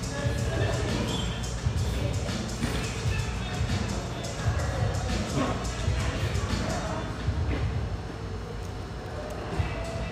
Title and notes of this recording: Sellwood, Portland, Oregon. Family-oriented, high-ceilinged java joint near Portland's Willamette riverfront